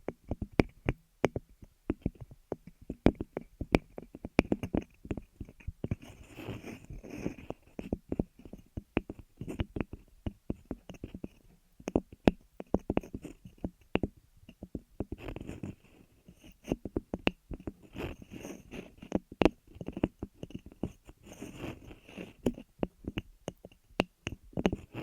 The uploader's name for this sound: Ear Massage, Cleaning